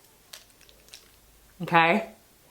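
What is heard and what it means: A clear plastic dental aligner tray is handled near teeth that have small bumps (attachments), with a few faint taps and clicks around 0.3–0.9 s, then someone talks briefly near the end. Nothing has seated or clicked into place yet.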